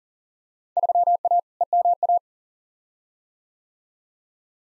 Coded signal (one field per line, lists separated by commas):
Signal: Morse code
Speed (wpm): 40 wpm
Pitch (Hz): 700 Hz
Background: none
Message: 3A EMA